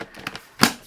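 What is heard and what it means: A rigid plastic extension wand is pushed into the top of the main body of a Shark IZ202UKT cordless handheld vacuum, where it must go in the right way round. A few faint clicks and rustles at about 0.0, 0.3 and 0.4 seconds lead up to one sharp, loud snap at 0.6 seconds as the wand seats into the body, followed by a soft tap near 0.9 seconds.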